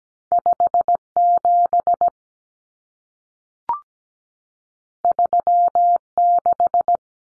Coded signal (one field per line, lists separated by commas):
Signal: Morse code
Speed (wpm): 17 wpm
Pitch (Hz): 700 Hz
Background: none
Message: 57 36